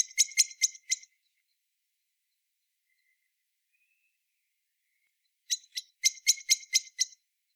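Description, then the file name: Common blackbird uttering quick series of hard, metallic chinking notes, one burst at the start and another after a few seconds of quiet. "Turdus merula"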